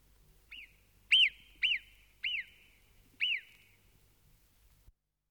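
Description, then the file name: Bird calls: five clear whistled notes that slur up and quickly down, the first soft, the rest louder, about every half second with a longer pause before the last, in quiet surroundings. "uccelli birds"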